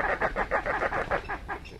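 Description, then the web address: Wood Stork giving a rapid series of hoarse, nasal notes. "BIRD NOTE. Wood Storks"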